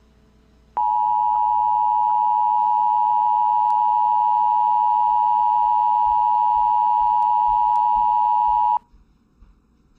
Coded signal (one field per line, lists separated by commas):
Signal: Emergency Alert System (SAME) tones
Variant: 853 and 960 Hz attention tone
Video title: Its my 2nd time making a good EAS vid so no judge (and sorry for the misspelling of Governor))